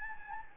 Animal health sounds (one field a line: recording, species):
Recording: mosquito wingbeat signal from an infrared sensor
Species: Anopheles gambiae